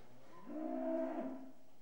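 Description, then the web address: Cattle: cow moo: one short, steady-pitched low that swells and then fades. Restless cattle in a shed. "BBC Sound Effects Library BBC Animals and Birds Cattle Restless In Shed"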